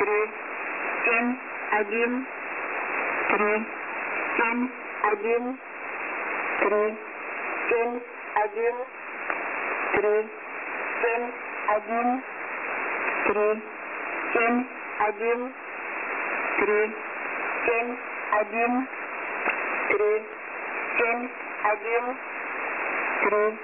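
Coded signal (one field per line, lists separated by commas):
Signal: numbers station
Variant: S06s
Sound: voice reading numbers in steady rhythm, repeating 3, 7, 1 over radio hiss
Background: radio static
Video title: S06s Full Message At 0840z on 11/11/13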